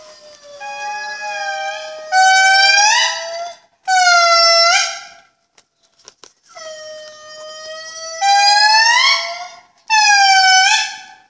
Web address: madagascar andasibe 2013 Calling of the Indri